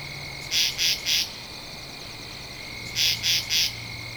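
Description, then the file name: Katydid: two clusters of three scratchy, high pulses about two and a half seconds apart, set against a continuous thin insect hum. Recorded 2 October 2012. "Katydid-20121002"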